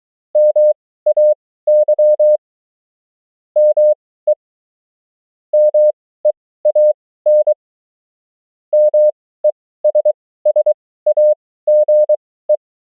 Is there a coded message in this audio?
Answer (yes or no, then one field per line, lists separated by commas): yes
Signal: Morse code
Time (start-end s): 0.4-12.6 s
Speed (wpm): 23 wpm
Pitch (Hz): 600 Hz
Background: none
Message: MAY ME MEAN MESSAGE